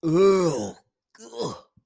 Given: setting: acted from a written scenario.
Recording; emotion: vocal sound without words; disgust